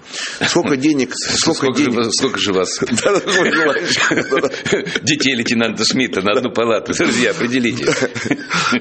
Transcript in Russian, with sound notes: Сколько денег...
Сколько же вас... (все смеются) Детей лейтенанта Шмидта на одну палату. Друзья, определитесь.
Да.